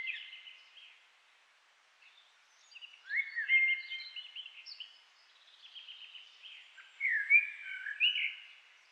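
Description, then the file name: Common blackbird producing warbling whistled phrases with twittery endings, several in sequence with short pauses. "Turdus merula"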